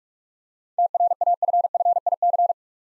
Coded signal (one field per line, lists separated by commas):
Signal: Morse code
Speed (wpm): 47 wpm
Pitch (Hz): 700 Hz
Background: none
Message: TRAFFIC